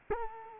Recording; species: mosquito wingbeat signal from an infrared sensor; Culex quinquefasciatus